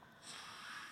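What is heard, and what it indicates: A single breath delivered by a non-invasive ventilator (respirator) supporting an adult with ALS, heard faintly in the background as a soft, steady hiss of airflow.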